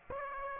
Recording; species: mosquito wingbeat signal from an infrared sensor; Aedes aegypti